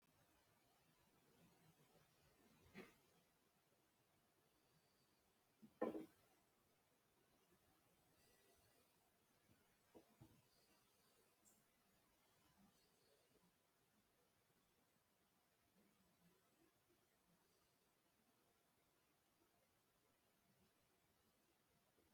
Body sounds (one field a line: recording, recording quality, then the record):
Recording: shallow breathing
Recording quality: moderate, slight background noise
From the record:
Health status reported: healthy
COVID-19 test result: negative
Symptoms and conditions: diabetes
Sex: male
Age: 54 years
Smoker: not ticked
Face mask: not worn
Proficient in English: yes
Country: India